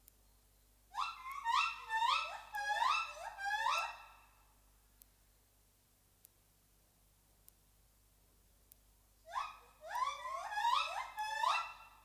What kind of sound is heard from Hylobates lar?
call